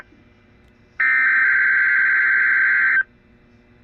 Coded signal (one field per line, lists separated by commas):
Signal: Emergency Alert System (SAME) tones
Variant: header bursts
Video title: A lot of weekly test (EAS# 581 602)